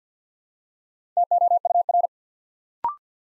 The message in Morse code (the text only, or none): TOUR